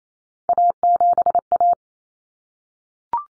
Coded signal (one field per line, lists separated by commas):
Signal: Morse code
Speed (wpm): 28 wpm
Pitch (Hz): 700 Hz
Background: none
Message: A7A